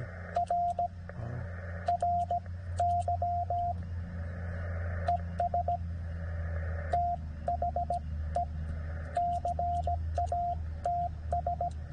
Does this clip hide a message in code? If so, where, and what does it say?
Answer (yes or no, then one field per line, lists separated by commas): yes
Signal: Morse code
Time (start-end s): 0.4-11.7 s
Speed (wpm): 17 wpm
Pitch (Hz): 700 Hz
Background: radio noise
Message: R RY ES THE CATS